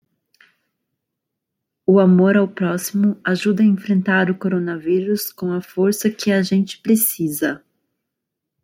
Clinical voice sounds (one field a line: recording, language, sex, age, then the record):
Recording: spoken sentence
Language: Brazilian Portuguese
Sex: female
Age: 30 to 39 years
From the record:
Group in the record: control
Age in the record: 31 years